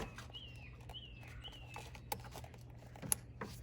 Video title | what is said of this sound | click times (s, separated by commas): FORD F150 2014 5.0 COYOTE V8 ENGINE SPARK PLUG REPLACEMENT | There you go, you heard that click. | 3.1 s